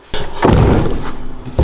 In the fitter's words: There we go, it popped into place.